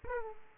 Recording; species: mosquito wingbeat signal from an infrared sensor; Aedes aegypti